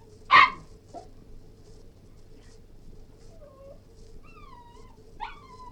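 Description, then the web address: Cairn terrier letting out one sharp yelp, then quiet, thin whimpering whines that wobble up and down, over a low background hum. Yelping, whining and barking. "BBC Cairn T"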